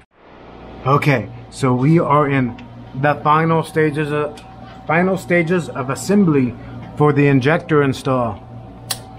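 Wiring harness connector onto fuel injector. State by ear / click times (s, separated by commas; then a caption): seated / 8.9 s. A wiring harness electrical connector is pushed onto a fuel injector during final assembly of an injector install while someone talks. It clicks in with a sharp, short snap at 8.9 s and seats with a positive connection.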